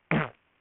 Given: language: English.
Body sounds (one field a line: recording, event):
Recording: throat vibration sensor signal played as sound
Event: throat clearing